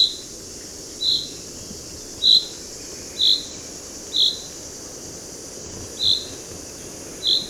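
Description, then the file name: Common chaffinch repeating a brief, bright call note roughly once a second, seven times with one longer gap, against constant low rushing background noise. "Fringilla coelebs"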